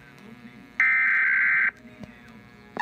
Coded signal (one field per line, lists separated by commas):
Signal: Emergency Alert System (SAME) tones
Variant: header bursts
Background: speech